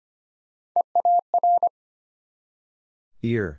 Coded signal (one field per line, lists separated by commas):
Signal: Morse code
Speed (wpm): 25 wpm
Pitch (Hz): 700 Hz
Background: none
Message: EAR